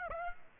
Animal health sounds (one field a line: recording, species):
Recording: mosquito wingbeat signal from an infrared sensor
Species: Aedes aegypti